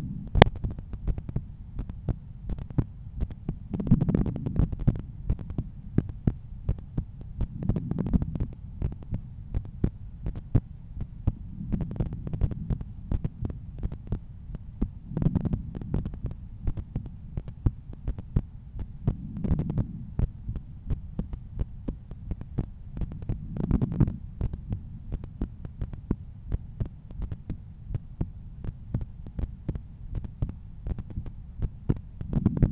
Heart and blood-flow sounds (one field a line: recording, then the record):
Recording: heart sounds by stethoscope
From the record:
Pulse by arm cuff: 84 bpm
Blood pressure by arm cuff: 132/84 mmHg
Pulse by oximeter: 84 bpm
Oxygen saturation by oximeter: 96%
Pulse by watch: 86 bpm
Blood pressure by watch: 127/83 mmHg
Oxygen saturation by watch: 98%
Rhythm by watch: sinus rhythm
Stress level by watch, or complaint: low stress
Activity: after 10 min smoking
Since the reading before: plus 3500 steps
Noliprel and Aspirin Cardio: after pills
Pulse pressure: 48 mmHg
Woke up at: 7:20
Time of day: 21:10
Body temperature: 36.8 C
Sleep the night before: 8 h 11 min, score 61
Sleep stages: REM 22%, light 68%, deep 3%, awake 7%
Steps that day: 9500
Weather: clear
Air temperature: 21.5 C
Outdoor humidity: 74%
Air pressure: 1015 hPa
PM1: 10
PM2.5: 14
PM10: 17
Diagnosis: hypertension, treated with Noliprel and Aspirin Cardio 100 mg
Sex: male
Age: 53 years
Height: 174 cm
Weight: 81 kg